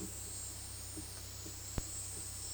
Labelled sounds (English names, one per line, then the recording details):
none
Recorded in dense forest near Puerto Asís, Putumayo, Colombia, on 19 February 2024 at 10:00
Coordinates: 0.485, -76.322
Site G6406